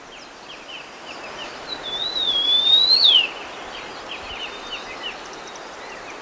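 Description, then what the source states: Sunda bush warbler song, a single long thin whistle that wavers, climbs gradually, then falls sharply at the end, over soft background chirping. Recorded on 1 March 2008.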